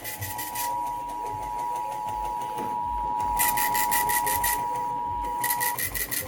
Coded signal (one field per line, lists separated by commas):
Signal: Emergency Alert System (SAME) tones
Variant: 853 and 960 Hz attention tone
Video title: Southern Ohio takes ANOTHER hit.. 🌪 || EAS Alerts from May 7, 2024 (EAS #2,654-2,667)